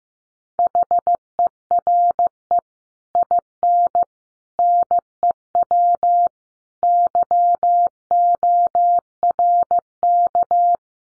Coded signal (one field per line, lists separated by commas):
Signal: Morse code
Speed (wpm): 15 wpm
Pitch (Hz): 700 Hz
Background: none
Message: HERE IN NEW YORK